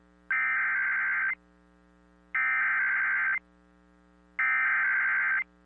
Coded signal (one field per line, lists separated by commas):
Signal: Emergency Alert System (SAME) tones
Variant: header bursts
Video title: SVR GALORE XI: LATE AUGUST ACTION... EAS Alerts from 8/29/23 (EAS #2,967 - 3,002)